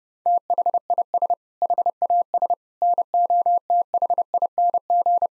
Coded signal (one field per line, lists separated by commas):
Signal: Morse code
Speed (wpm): 32 wpm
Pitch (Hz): 700 Hz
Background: none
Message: THIS HAS NOTHING